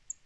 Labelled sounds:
Northern Parula flight call

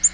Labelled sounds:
Black-throated Green Warbler flight call

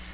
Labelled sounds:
Black-throated Green Warbler flight call

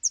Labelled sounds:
Northern Parula flight call

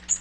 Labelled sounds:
Magnolia Warbler flight call

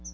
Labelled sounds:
Chestnut-sided Warbler flight call

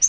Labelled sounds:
Yellow-rumped Warbler flight call

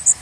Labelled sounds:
Blackburnian Warbler flight call

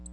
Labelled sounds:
Black-throated Blue Warbler flight call

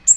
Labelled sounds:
Yellow-rumped Warbler flight call

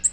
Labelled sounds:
Nashville Warbler flight call

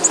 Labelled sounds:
Black-throated Green Warbler flight call

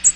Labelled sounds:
American Redstart flight call

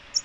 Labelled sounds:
American Redstart flight call

